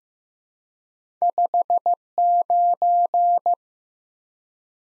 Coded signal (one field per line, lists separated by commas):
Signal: Morse code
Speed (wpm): 15 wpm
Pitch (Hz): 700 Hz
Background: none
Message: 59